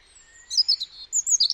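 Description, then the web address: European robin song: soft opening, then a series of high, thin, liquid warbled notes in two quick bursts. "Deverinetal 2025 File origin Bird Only Er Ru"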